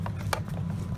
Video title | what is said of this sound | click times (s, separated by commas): Kirby Ultimate G Diamond Edition Unboxing & First Test Run | sure your cords not in the way and snap | 0.3 s